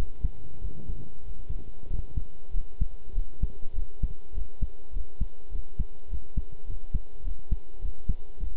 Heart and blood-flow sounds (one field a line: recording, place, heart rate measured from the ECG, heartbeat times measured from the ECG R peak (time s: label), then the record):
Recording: heart sounds by stethoscope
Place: between the tricuspid and mitral areas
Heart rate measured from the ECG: 100 bpm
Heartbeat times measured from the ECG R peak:
0.59 s: heartbeat
1.22 s: heartbeat
1.88 s: heartbeat
2.51 s: heartbeat
3.13 s: heartbeat
3.73 s: heartbeat
4.33 s: heartbeat
4.92 s: heartbeat
5.50 s: heartbeat
6.08 s: heartbeat
6.65 s: heartbeat
7.22 s: heartbeat
7.80 s: heartbeat
8.39 s: heartbeat
From the record:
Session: pedaling a stationary bicycle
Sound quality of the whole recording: good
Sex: male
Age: 23 years